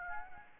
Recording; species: mosquito wingbeat signal from an infrared sensor; Aedes aegypti